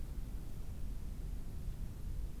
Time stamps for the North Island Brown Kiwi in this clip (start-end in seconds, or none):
none